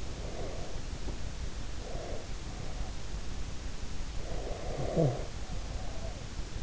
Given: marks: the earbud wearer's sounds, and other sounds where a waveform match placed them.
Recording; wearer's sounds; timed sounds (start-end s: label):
sounds in sleep by an in-ear microphone; breath, snoring breath
0.00-2.60 s: breath
4.35-6.30 s: snoring breath